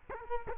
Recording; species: mosquito wingbeat signal from an infrared sensor; Culex quinquefasciatus